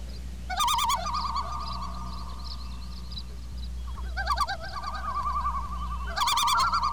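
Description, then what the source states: Loon tremolo calls, wavering laugh-like quavers given in three bursts several seconds apart, each trailing into a long trembling note, with a constant low background hum. More than one loon.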